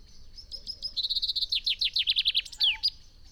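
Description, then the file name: Common chaffinch song: a few thin opening notes, then a rapid trill and a series of down-slurred notes, closing with a sharp downward flourish. "Fringilla coelebs"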